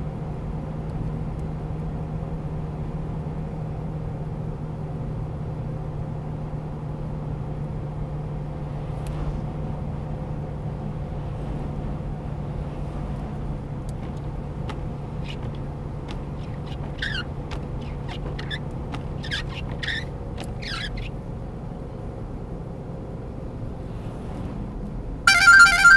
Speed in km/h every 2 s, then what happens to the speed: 87, 89, 85, 84, 82, 82, 80, 80, 80, 78, 75, 74, 69.
0-26 slows to 69.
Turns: none.